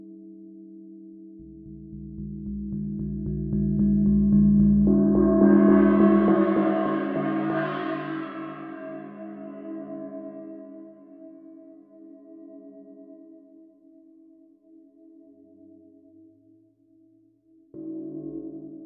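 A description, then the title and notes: A gong is struck and swells in the first seconds, its deep hum building to a bright, shimmering peak around five to seven seconds. The roar then fades slowly into a steady ringing drone, and a second soft strike arrives near seventeen seconds. Gong Meditation.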